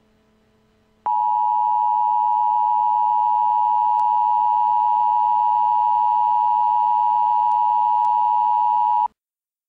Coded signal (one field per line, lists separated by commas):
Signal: Emergency Alert System (SAME) tones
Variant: 853 and 960 Hz attention tone